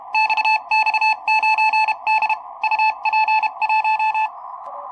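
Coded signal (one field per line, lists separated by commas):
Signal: Morse code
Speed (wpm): 31 wpm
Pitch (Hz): 880 Hz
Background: none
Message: XX9D UP1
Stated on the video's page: Manual split DX contact with a DXpedition, made on a home-brewed SW40+ transceiver.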